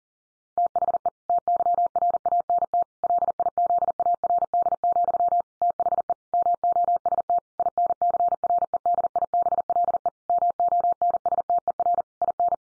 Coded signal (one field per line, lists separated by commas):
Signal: Morse code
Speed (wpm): 40 wpm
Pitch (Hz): 700 Hz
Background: none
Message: THE TYRANT LIZARD, THE MOST INCREDIBLE MONSTER IN